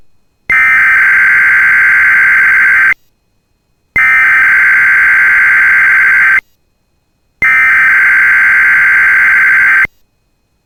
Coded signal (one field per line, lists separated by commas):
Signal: Emergency Alert System (SAME) tones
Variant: header bursts